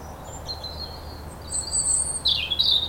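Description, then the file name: European robin singing soft, thin high whistles that build into louder warbled notes and a rich, tumbling phrase at the close. "Erithacus rubecula"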